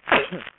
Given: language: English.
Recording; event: throat vibration sensor signal played as sound; cough